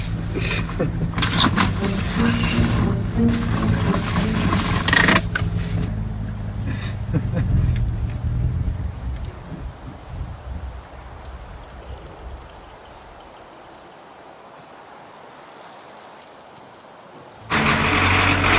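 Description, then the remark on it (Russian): A car engine rumbles loudly with a steady low drone as the car arrives, then gradually fades away over several seconds into near silence before a sudden burst of noise at the end. “Вон, машина уже приехала.”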